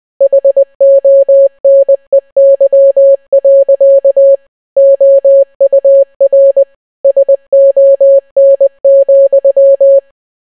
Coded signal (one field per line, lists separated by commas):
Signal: Morse code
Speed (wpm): 20 wpm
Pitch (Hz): 550 Hz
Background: none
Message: HONEY. OUR SON,